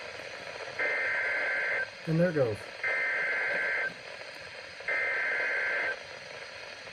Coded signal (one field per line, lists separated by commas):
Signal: Emergency Alert System (SAME) tones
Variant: header bursts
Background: speech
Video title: Flash Flood Warning Montgomery IL (EAS 361)